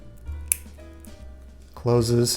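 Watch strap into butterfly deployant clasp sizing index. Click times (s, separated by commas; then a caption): 0.5 s. A watch strap is slid up into a butterfly deployant clasp so the clasp's small metal nub engages the chosen sizing index hole. A sharp, loud snap at 0.5 s marks the nub seating in the index, followed by quieter handling sounds and music. Near the end, someone talks.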